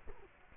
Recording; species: mosquito wingbeat signal from an infrared sensor; Culex quinquefasciatus